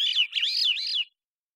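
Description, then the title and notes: Swainson's thrush song fragment: high, rolling, wavering flute-like notes for about a second, then silence. Single male singing in the Pacific Northwest, Washington, United States; long take at natural pace and rhythm, recorded with a parabolic microphone. "Swainson's Thrush, Catharus ustulatus, long take of a single male Swainson's Thrush singing, natural pace and rhythm maintained, Recorded in the beautiful Pacific Northwest, Washington, United States"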